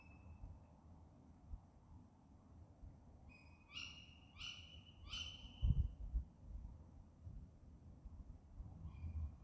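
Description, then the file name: Bird calls: a few short, stacked, slightly downslurred notes around the middle, with fainter notes at the start and end over low rumbling background noise. "fugl"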